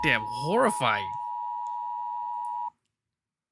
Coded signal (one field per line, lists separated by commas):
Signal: Emergency Alert System (SAME) tones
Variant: 853 and 960 Hz attention tone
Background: speech